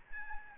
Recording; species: mosquito wingbeat signal from an infrared sensor; Aedes albopictus